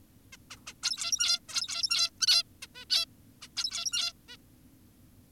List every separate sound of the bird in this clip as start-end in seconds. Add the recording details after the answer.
0.33-0.37, 0.51-0.57, 0.67-0.74, 0.83-1.40, 1.49-2.10, 2.21-2.43, 2.62-2.67, 2.75-2.85, 2.90-3.06, 3.42-3.48, 3.57-4.13, 4.29-4.37. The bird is an adult. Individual g17y2U